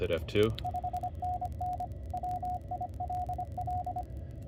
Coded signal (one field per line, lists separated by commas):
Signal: Morse code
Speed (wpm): 25 wpm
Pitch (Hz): 720 Hz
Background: speech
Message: 5NN WILL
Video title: Getting ready for ILQP - Illinois QSO Party - Mobile !